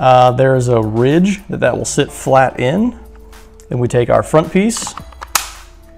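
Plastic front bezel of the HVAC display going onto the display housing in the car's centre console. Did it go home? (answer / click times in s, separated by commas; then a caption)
yes / 5.4 s. Someone talks while the replacement HVAC display in a McLaren's centre console sits flat on its ridge. The plastic front bezel piece is then pressed onto the display housing and snaps into place with a sharp click at 5.4 s. A faint tick comes just before it, and the trim ends up seated.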